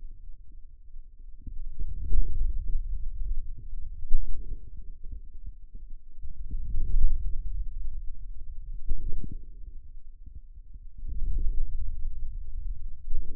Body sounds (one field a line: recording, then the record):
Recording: forearm muscle sounds (acoustic myography)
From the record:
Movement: hand closing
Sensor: system 2, bracelet of six BSWA MPA416 microphones around the upper forearm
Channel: 5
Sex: male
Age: 22 years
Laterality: right